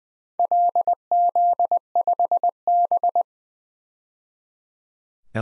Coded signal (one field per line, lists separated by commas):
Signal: Morse code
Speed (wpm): 20 wpm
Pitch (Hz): 700 Hz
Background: none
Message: LZ5B